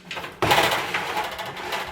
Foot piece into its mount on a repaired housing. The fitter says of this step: nice let's test it out and put our foot back in there just snaps into place hahaha